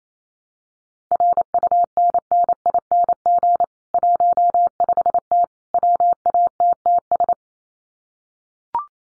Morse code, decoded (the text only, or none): RUNNING 15T WATTS